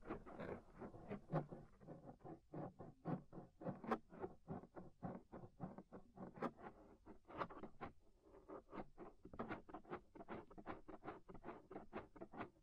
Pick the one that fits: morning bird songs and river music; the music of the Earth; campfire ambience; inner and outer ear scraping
inner and outer ear scraping